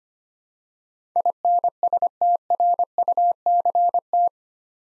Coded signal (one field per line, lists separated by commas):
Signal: Morse code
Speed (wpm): 25 wpm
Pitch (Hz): 700 Hz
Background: none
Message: INSTRUCT